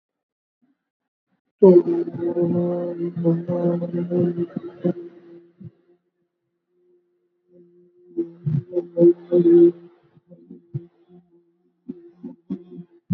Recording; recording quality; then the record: sustained vowel as in boot; excellent, no background noise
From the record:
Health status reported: healthy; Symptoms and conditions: cold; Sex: male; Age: 24 years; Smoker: not ticked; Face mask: not worn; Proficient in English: yes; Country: India